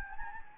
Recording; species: mosquito wingbeat signal from an infrared sensor; Anopheles gambiae